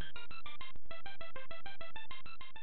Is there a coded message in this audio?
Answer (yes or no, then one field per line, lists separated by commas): no